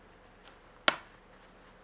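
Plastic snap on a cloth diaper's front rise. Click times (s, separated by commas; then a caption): 0.9 s. A plastic snap on the front rise of a cloth diaper is unsnapped so the diaper can unfold to a larger size. A single sharp snap pops at 0.9 s against a quiet background, and the snap is released.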